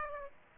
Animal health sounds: mosquito wingbeat signal from an infrared sensor; Aedes aegypti

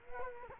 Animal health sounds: mosquito wingbeat signal from an infrared sensor; Culex quinquefasciatus

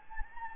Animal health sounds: mosquito wingbeat signal from an infrared sensor; Anopheles gambiae

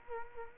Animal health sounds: mosquito wingbeat signal from an infrared sensor; Culex quinquefasciatus

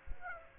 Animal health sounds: mosquito wingbeat signal from an infrared sensor; Aedes aegypti

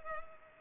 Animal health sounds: mosquito wingbeat signal from an infrared sensor; Culex pipiens

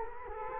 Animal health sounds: mosquito wingbeat signal from an infrared sensor; Culex quinquefasciatus

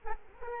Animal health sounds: mosquito wingbeat signal from an infrared sensor; Culex quinquefasciatus

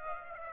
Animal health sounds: mosquito wingbeat signal from an infrared sensor; Aedes aegypti

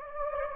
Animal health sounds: mosquito wingbeat signal from an infrared sensor; Anopheles gambiae

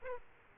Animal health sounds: mosquito wingbeat signal from an infrared sensor; Aedes aegypti

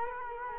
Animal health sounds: mosquito wingbeat signal from an infrared sensor; Culex quinquefasciatus

